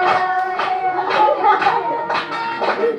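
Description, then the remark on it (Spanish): A group claps hands in a steady rhythm, about two claps per second, while voices sing and call out over the beat. “A ver, vamos, aplaudiendo todos, vamos.”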